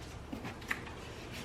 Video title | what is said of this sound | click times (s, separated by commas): VEER CRUISER WAGON 2020 UNBOXING// ASSEMBLY GUIDE BY LRL FAMILY PLUS ATTACHMENTS! | And then they should just lock in place. Yep. | 0.7 s